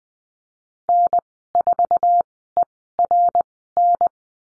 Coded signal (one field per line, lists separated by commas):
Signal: Morse code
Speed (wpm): 20 wpm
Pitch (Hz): 700 Hz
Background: none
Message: N4ERN